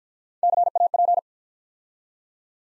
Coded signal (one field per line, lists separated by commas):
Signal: Morse code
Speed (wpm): 50 wpm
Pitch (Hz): 700 Hz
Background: none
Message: CAP